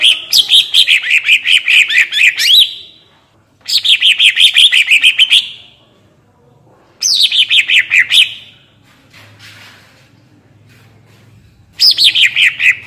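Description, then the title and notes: Greater green leafbird song in four loud phrases, each a quick descending cascade of bright chirps settling into a rapid rattle, separated by short pauses. Actively singing in the ngentrok style with crest raised; recording used to train captive birds. "Cucak Ijo Gacor Ngentrok Jambul Nembak. suara burung cucak ijo gacor, merdu cocok buat masteran burung cucak ijo"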